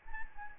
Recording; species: mosquito wingbeat signal from an infrared sensor; Anopheles arabiensis